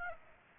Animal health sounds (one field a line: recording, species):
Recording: mosquito wingbeat signal from an infrared sensor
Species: Aedes aegypti